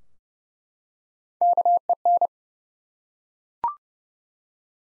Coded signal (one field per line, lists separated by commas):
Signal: Morse code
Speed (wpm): 30 wpm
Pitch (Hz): 700 Hz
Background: none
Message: KEN